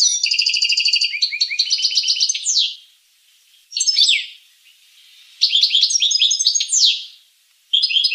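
Finch singing high twittering phrases with fast trills and falling slurs, broken by short pauses.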